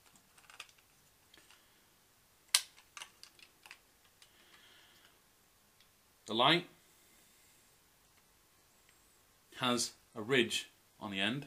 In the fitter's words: the speaker just clicks into place